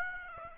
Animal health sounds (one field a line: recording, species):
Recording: mosquito wingbeat signal from an infrared sensor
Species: Aedes aegypti